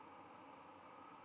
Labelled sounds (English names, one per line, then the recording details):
White-throated Sparrow flight call
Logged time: 04:04 on 11 November 2014